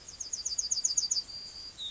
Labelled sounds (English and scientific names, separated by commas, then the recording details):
Yellowhammer (Emberiza citrinella) song
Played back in grassland
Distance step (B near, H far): E
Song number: 162